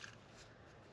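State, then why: Seated. A dome-shaped seal between the drive motor and the carrier is pressed into its bore in a Bobcat skid steer hydraulic drive motor carrier during a reseal for a weak, low-power drive motor. A sharp short snap is heard at 0.0 s, followed by soft rustling handling noise. The seal snaps into place and is seated.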